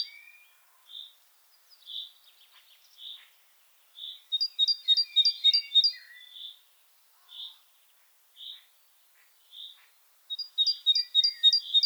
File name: Parus major